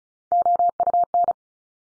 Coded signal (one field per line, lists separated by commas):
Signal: Morse code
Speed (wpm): 36 wpm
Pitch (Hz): 700 Hz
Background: none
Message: OUN